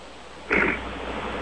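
A single deep, rich, rough snort lasting about a quarter of a second rises out of steady phone-line hiss. It is a loud snore from a sleeping 23-year-old woman, about 5'6" and 200 lb, with suspected obstructive sleep apnea attributed to her weight, a sound that calls for a sleep study and CPAP.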